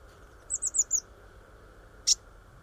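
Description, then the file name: Eurasian blue tit calls, a quick run of four thin high downslurred notes, then one sharp high tick after a pause, over a low steady hum. "Cyanistes caeruleus"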